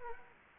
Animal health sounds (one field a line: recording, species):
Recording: mosquito wingbeat signal from an infrared sensor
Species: Culex quinquefasciatus